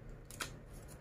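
A small plastic attachment is fitted onto the motor unit of a hand-held Kitchen Master 8-in-1 multi-function kitchen robot. Two short, sharp snaps sound at 0.3 s and 0.4 s, the second louder, over a low steady background hum. The attachment locks onto the main unit.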